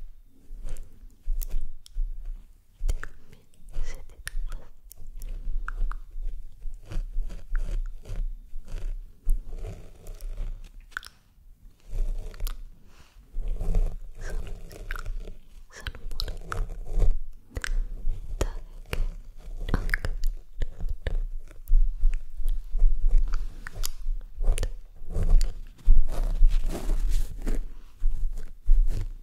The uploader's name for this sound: Whisper - Unintelligible - Inaudible